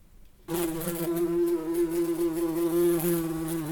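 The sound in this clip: Bee buzzing, a steady droning hum that starts abruptly after half a second and holds on with slight wavering pitch.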